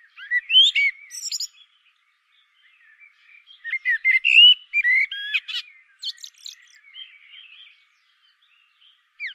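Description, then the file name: Common blackbird, clear fluting notes followed by a longer run of mixed warbles and thin high squeaks, trailing off into soft twitters. "Turdus merula"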